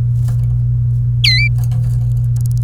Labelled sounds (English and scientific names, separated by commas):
Domestic Canary (Serinus canaria) song